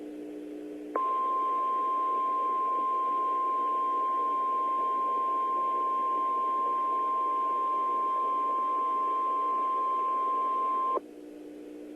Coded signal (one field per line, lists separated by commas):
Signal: Emergency Alert System (SAME) tones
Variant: 1050 Hz attention tone